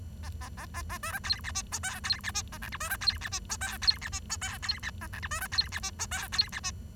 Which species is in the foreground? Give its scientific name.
Lonchura striata domestica